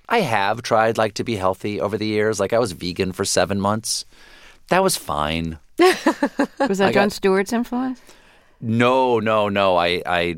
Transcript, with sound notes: I have tried, like, to be healthy over the years. Like, I was vegan for seven months. That was fine.
(Laughter).
Was that Jon Stewart's influence?
No,